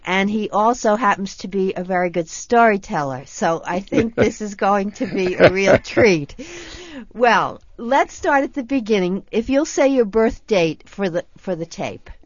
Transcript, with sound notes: And he also happens to be a very good storyteller. So I think this is going to be a real treat! (laughs) Well, let's start at the beginning. If you'll say your birth date for the tape.